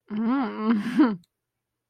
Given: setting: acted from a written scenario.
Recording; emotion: vocal sound without words; desire